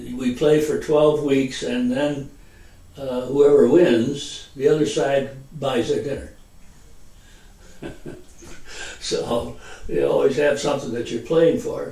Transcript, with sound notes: We play for twelve weeks and then whoever wins, the other side buys their dinner. [Laughter] You always had something that you played for.